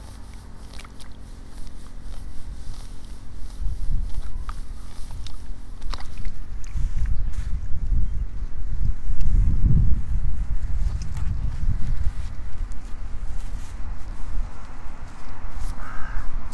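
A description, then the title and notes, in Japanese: Rice seedlings are pulled one by one from a flooded nursery bed in the morning. Low sloshing and wading sounds build and swell in the middle, peaking around ten seconds, while small sharp ticks and tearing snaps recur irregularly throughout. イネの苗取り。朝から水苗代に入って、一本一本苗を取っています。片手握りいっぱいになったら、ワラで束にします。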